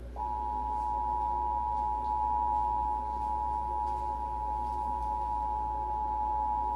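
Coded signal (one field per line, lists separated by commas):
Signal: Emergency Alert System (SAME) tones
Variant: 853 and 960 Hz attention tone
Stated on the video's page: Mock recreation of a required monthly test during a children's TV program break.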